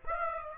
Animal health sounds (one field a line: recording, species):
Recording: mosquito wingbeat signal from an infrared sensor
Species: Aedes aegypti